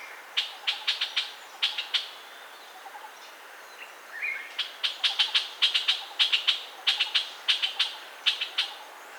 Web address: Puff throated bulbul. صدای-بلبل-گلو-پفی